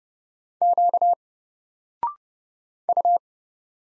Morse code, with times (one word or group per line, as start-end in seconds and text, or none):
0.6-1.1 Q
2.9-3.2 U